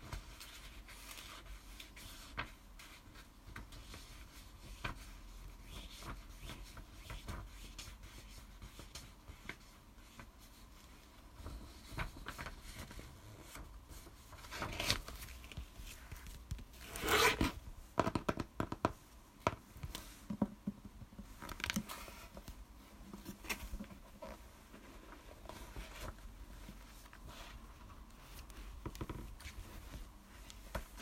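Soft ASMR tapping, steady and fairly dense, with a louder cluster of sharp taps around fifteen to twenty-two seconds.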